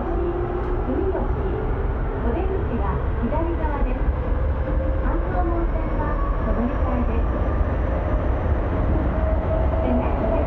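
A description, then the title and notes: Inside a train heading home in Tokyo, a steady low rumble fills the car without letup. Voices murmur throughout, overlapping, while faint higher tones drift in and out above the constant hum of the moving carriage. Catches the train home in Tokyo.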